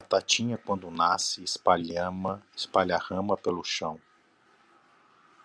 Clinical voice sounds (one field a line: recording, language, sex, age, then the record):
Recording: short text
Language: Brazilian Portuguese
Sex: male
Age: 50 to 59 years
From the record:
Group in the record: control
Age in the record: 56 years